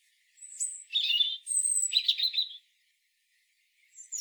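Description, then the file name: European robin phrase opening with a thin high whistle, then a warbled run, a long piercing note and scratchy twitters, then silence before another phrase begins. "Erithacus rubecula"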